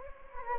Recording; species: mosquito wingbeat signal from an infrared sensor; Anopheles gambiae